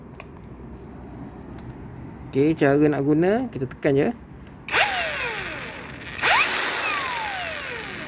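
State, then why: Seated. A battery pack is pushed back into a Keelat KAG05S cordless angle grinder and locks in place, with a single short click at 0.2 s. Someone then talks, and the grinder motor spins up twice with rising and falling whines.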